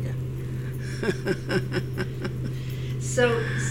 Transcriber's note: she laughs